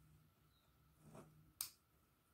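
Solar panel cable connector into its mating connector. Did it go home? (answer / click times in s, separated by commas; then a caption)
yes / 1.6 s. The larger halves of a solar panel cable connector, plastic housings with a rubber seal, are pushed together into their mating connector. A soft rubbing swell near 1.2 s leads into a sharp, bright snap at 1.6 s. The connector locks and is seated.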